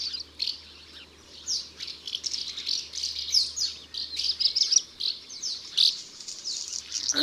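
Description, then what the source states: Common house martins twittering, a dense run of short dry chirps and chirrups, several birds overlapping almost continuously throughout. Several birds, plural in the source.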